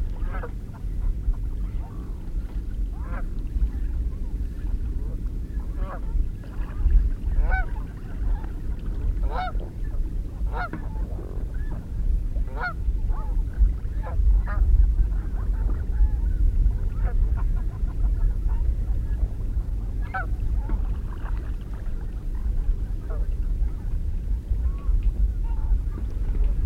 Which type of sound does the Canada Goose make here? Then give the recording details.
call. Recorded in the wild. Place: Poggenhof, Insel Rügen, Mecklenburg-Vorpommern, DE. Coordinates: 54.531, 13.176. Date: 1973-10-01. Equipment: Nagra III BH, Sennheiser MD 21, parabola. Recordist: Schubert, Michael